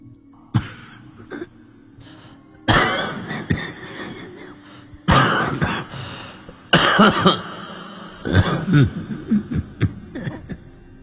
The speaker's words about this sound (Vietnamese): mơ mơ hồ hồ ở trong tiếng gió còn nghe thấy tiếng bà già. Đúng là cái tiếng bà già đó, cái tiếng ho khấm kha khấm khứ như là người bị hen lâu năm thì không tài nào lẫn vào đâu được.